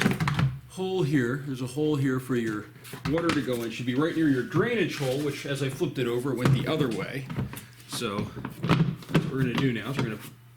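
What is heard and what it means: A plastic insert is handled and fitted toward the hole near the drainage hole of a Keter Easy Growing 120L resin raised garden planter base while someone talks. Brief knocks and taps of handling are heard. Nothing has seated or clicked yet.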